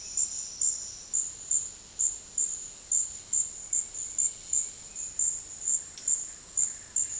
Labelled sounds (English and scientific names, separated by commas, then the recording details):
Bright-rumped Attila (Attila spadiceus)
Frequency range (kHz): Bright-rumped Attila (Attila spadiceus) 1.8-2.9 kHz
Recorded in dense forest near Puerto Asís, Putumayo, Colombia, on 21 February 2024 at 09:30
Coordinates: 0.485, -76.325
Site G6429